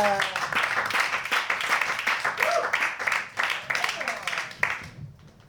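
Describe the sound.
An audience breaks into steady, dense applause of many hands clapping, with a few voices calling out over it, holding for about five seconds before it quickly dies away.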